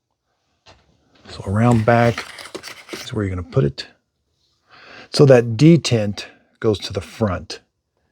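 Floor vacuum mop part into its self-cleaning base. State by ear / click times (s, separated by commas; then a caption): not seated / none. A part of a Dreame H15 Pro floor vacuum mop is handled and lined up with its detent at the front before going into its self-cleaning base, while someone talks. A brief soft sound is heard around 0.7 s, and the talking continues through the clip. Nothing has seated or clicked yet.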